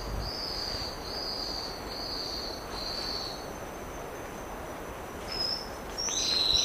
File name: Canto do vira folha